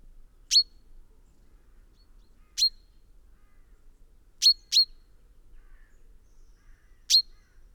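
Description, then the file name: Common chaffinch with sharp, high single call notes at irregular intervals, including one quick pair. "Fringilla coelebs"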